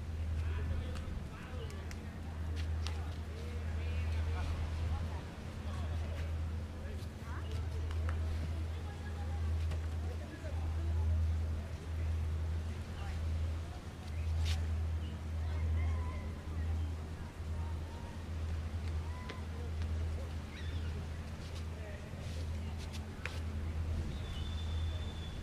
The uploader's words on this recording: Beach Day At Parque Los Fundadores (Ambient Sounds, Ocean Waves Sounds, Chatting Sounds, Footsteps Sounds, Birds Chirping). In this episode we are enjoying a beach day in Playa Del Carmen. It’s a busy day so you will hear sounds of people chatting and enjoying the sun as well as the ocean waves in the back. Spanish Speaking.